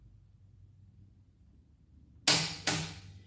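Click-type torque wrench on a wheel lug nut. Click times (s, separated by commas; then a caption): 2.3 s. A click-type torque wrench on a wheel lug nut is pulled upward until it reaches its setting, and it pops at 2.3 s before the wrench moves at all, confirming the set torque. The first two seconds are near-silent with low rumble, the pop is a sharp bright crack, a second softer crack follows at 2.7 s, and a faint tick comes at 3.3 s.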